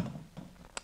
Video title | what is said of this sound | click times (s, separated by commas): Grillwürstchen ohne Fett in 4 Minuten | dasselbe spiel nochmal navigon oben drauf packen dass sie wieder einrastet | 0.8 s